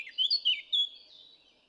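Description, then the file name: Eurasian blackcap giving a short phrase of three or four clear, fluty whistled notes that dip and rise, then trail away into silence. "Sylvia atricapilla"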